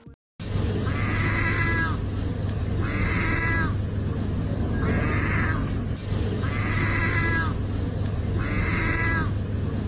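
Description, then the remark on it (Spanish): A seagull imitating a cat's meow gives five drawn-out, meow-like calls at a steady pace, each a wavering cat-like cry, over a constant low hum and background noise. “Bueno, esta gaviota aprendió a maullar o a imitar el sonidito de un gatito.”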